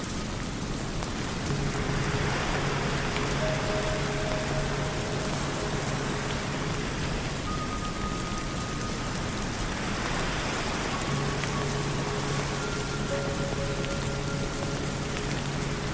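Steady, dense rain hisses throughout, with a low tonal hum from about 1.5 to 7 seconds and again from 11 seconds onward.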